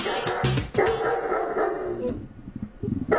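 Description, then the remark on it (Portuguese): A German Shepherd barks loudly several times in quick, uneven succession, each bark deep and full, with a brief pause before one last bark at the end. “O latido do pastor é inconfundível, né?”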